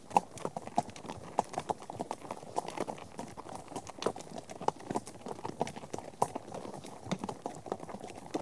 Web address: The BBC Sound Effects Library. Horses